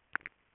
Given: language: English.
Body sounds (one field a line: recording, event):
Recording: throat vibration sensor signal played as sound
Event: swallow